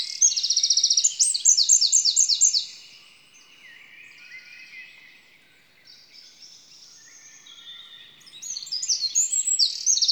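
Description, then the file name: Eurasian wren song, a shrill burst of rapid repeated notes and trills, then a quiet stretch of faint high twittering, and the loud trilling song starting again. "Troglodytes troglodytes"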